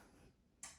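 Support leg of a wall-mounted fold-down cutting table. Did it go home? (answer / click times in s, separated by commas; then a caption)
yes / 0.6 s. The support leg of a wall-mounted fold-down cutting table is set after the table is lowered. A low, quiet rumble is followed by a single sharp, bright tick at 0.6 seconds as the leg snaps into place and seats.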